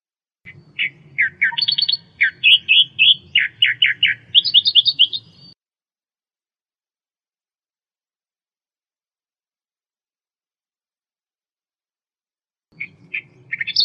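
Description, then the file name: Australian reed warbler song, a rapid, scratchy chatter of repeated harsh notes for about five seconds, a long silence, then the song starting again; low hum beneath the song. "suara kicauan burung kerakbasi australia. omkicau"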